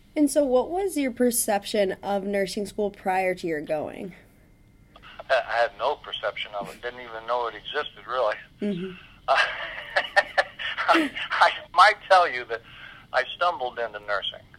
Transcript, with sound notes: And so what was your perception of nursing school prior to your going?
I had no perception of it. Didn't even know it existed, really. (laughs) I might tell you that I stumbled into nursing.